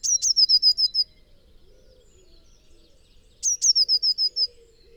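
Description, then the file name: Eurasian blue tit song, a high thin trill with sharp lead-in notes, heard twice about three seconds apart, with soft lower bird calls between. "Cyanistes caeruleus"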